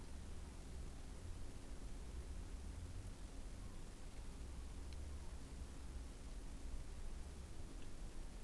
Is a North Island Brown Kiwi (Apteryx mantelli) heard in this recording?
no